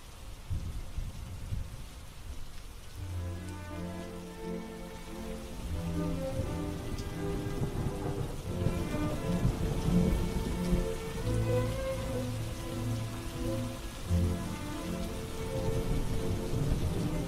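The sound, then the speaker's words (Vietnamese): Steady rain pours down in a continuous hiss at the end of a funeral, joined after a few seconds by low, sustained droning tones that hum beneath the downpour without any voices. “Đám ma của bà cụ Lẫn kết thúc trong cái sự ma quái và cơn mưa kỳ lạ”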